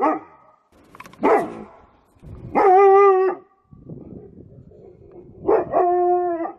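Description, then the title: Dog barking twice, then drawn-out tonal howling yowls that hold a steady pitch for almost a second each. Compilation of several dogs barking, presented as funny. "LADRIDOS DE PERROS 🐶 Perros LADRANDO"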